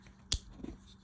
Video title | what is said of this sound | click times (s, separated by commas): Abu Matic Garcia 40 -- Service and Lubrication -- Young Martin's Reels | Yeah, we got 2 clicks. Now it's locked in place. | 0.3 s